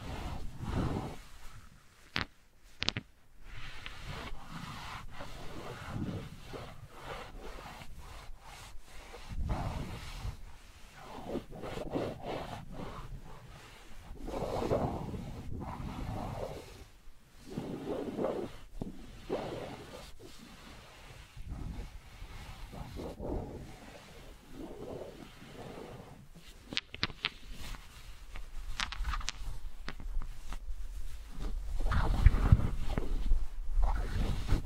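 Wooden balls roll and knock together in an irregular series of low, rumbling sweeps broken by sharp clicking taps. The sounds swell and fade every few seconds, with brief silent gaps near the start and a louder, denser stretch toward the end.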